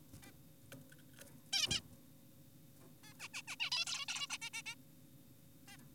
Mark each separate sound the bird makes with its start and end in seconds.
0.23-0.32, 1.53-1.67, 1.71-1.80, 3.04-3.13, 3.20-3.28, 3.34-3.42, 3.48-3.56, 3.60-3.70, 3.72-3.85, 3.87-4.05, 4.09-4.27, 4.31-4.38, 4.42-4.50, 4.54-4.62, 4.66-4.75, 5.68-5.77